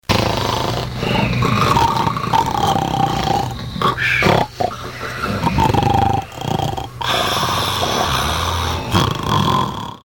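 Dense, overlapping low rumbling snores continue almost without pause, with rattling grunts layered over one another, as several adults snore together. Group snoring, ordinary noisy breathing during sleep.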